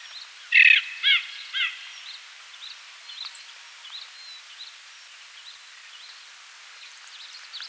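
Tibetan blackbird singing three loud, rich, slightly harsh notes in quick succession, followed by faint high chirps and twitters.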